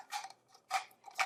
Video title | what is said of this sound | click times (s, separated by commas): Cuisinart FP-13DGM Elemental 13 Cup Food Processor | You just twist that and it locks it into place. | 0.3 s, 0.9 s, 1.1 s